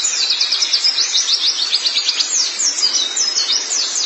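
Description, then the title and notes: White-eye song, a fast run of high, thin twittering notes with quick rising and falling sweeps, continuous and lively throughout. "Kicauan Burung Pleci Durasi Panjang. Suara kicauan burung pleci"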